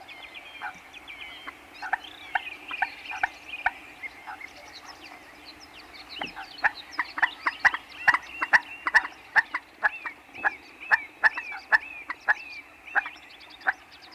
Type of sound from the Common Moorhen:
call